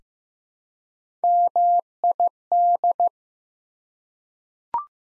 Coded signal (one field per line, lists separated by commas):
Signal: Morse code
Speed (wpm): 15 wpm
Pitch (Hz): 700 Hz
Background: none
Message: MID